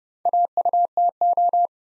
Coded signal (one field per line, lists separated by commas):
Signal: Morse code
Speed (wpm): 29 wpm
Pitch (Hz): 700 Hz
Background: none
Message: AUTO